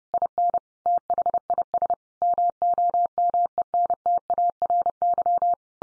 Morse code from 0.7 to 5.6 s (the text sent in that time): THIS MOMENTARY